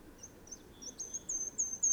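Bird singing a run of high, thin whistles, with a few slightly lower notes early on, building into longer, louder strokes over a faint background hiss.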